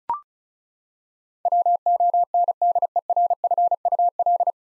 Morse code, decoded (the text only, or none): WONDERFUL